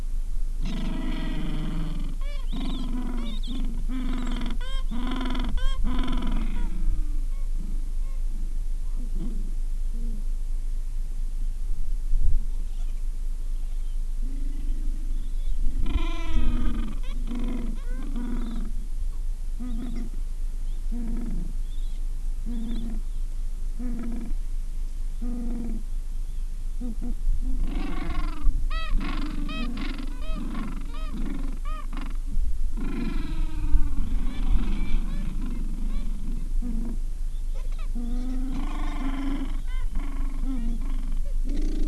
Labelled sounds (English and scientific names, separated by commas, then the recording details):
Gentoo Penguin (Pygoscelis papua)
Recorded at the colony at Ocean Harbour, on 7 January 2016
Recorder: Song Meter SM2+